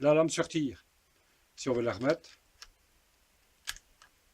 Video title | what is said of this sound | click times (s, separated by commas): Le premier Sapin de Noël en bois de palettes | voilà, c'est clipsé. | 3.7 s